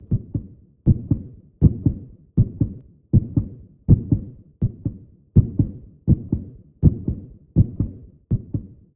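Steady paired low thumps, lub-dub, repeat at about 80 beats a minute with an even rhythm and no other sound. This is a sound effect of a baby's heartbeat.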